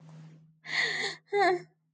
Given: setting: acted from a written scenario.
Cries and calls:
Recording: vocal sound without words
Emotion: pain

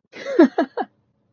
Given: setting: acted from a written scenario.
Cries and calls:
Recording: vocal sound without words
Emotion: elation

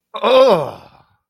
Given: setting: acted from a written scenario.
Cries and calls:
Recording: vocal sound without words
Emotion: disgust

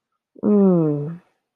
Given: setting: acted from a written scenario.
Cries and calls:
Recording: vocal sound without words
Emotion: ecstasy

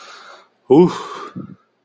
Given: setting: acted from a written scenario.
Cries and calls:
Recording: vocal sound without words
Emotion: relief

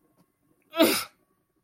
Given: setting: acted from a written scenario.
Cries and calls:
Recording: vocal sound without words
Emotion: anger

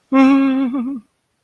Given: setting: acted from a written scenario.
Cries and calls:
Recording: vocal sound without words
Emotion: fear

